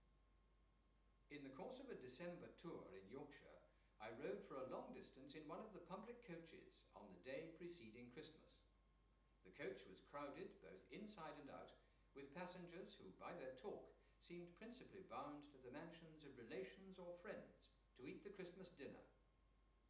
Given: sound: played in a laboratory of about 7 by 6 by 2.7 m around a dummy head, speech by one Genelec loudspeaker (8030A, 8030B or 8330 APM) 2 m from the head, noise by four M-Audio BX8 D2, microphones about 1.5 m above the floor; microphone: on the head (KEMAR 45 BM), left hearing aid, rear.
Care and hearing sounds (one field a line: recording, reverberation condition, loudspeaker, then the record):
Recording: male speech in English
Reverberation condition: medium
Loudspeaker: 30 degrees to the left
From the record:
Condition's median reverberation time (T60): about 510 ms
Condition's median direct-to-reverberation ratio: about -0.5 dB